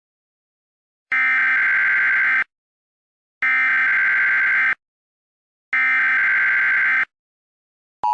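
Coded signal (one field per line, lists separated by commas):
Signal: Emergency Alert System (SAME) tones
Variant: header bursts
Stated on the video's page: Fake prank nuclear alert containing valid EAS tones.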